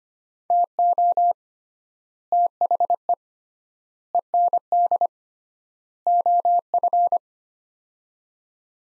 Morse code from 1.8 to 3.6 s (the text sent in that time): THE